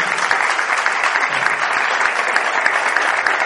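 Steady, loud applause from an audience, a dense wash of many hands clapping at once with no pauses, sustained throughout at an even level.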